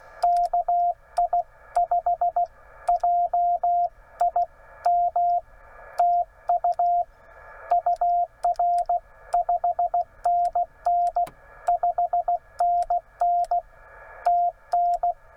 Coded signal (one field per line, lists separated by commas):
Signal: Morse code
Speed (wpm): 17 wpm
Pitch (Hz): 700 Hz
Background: radio noise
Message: KI5JIM TU UR 5NN 5NN TN